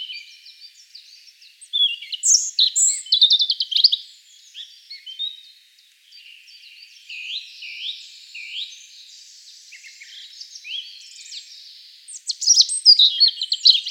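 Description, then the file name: European robin singing in separate high phrases of thin whistles, quick trills and sliding notes, with quieter pauses between the phrases and a loud burst near the end. "Erithacus rubecula"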